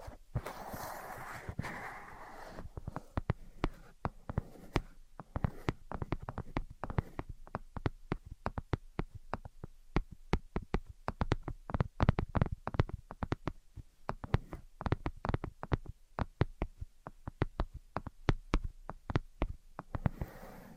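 Invisible tapping and scratching: a dense run of sharp, dry taps fills nearly the whole stretch, irregular but rapid, some louder than others. The opening two seconds carry a softer, rougher brushing sound before the tapping takes over, and a similar scratchy texture returns at the very end.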